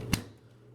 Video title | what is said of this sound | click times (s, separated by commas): How To Fix Yellowed Plastic With Salon Care 40 Creme | and you should hear it click like that. | 0.1 s